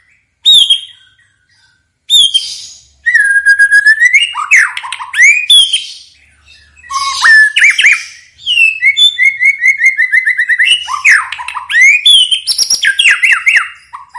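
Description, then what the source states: White-rumped shama song, a long varied run of fluty whistles, quick trills and repeated chipping notes, with short pauses between phrases. Song used as a lure to make other birds respond; bird described as singing energetically and constantly.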